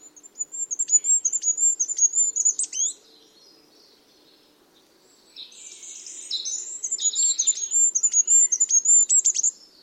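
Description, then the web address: Bird calling with thin, high chirps in a quick, uneven series, a silent gap of about two seconds, then buzzier, scratchy notes mixed with more high chirps over a faint low hum. "cianscape. Deverinetal 2025. Bird Only"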